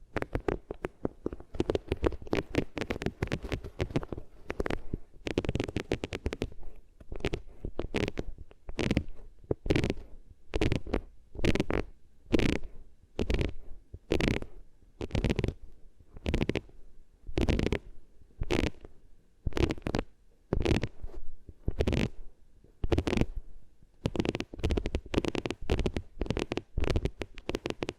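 Rubbing sounds against the ears, heard as a rapid series of short, rough swishes and muffled thumps running through the whole recording. The strokes come in dense bursts with brief gaps, some deep and rumbling, others brighter and scratchier. No voice is heard.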